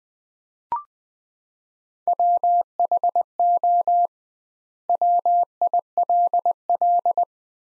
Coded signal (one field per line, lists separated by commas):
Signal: Morse code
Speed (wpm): 21 wpm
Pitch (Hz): 700 Hz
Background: none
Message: WHO WILL